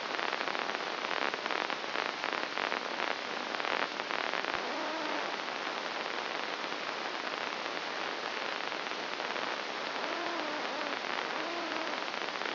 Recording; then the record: brain microelectrode recording played as sound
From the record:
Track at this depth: inside the subthalamic nucleus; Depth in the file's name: 3.502 mm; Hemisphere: left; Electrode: 2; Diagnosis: Parkinson's disease